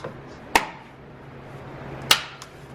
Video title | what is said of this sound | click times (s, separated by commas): 2015–2021 Kia Sedona - Rear Side Marker/Clearance Light Bulb Replacement | press to fit and snap into place so that's how you replace | 0.6 s, 2.1 s